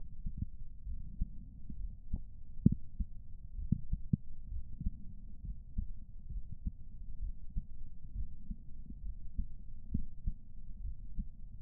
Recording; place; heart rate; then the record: heart sounds by stethoscope; pulmonary valve (PV); 67 bpm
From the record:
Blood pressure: 118/72 mmHg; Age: 56 years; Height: 145 cm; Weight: 55 kg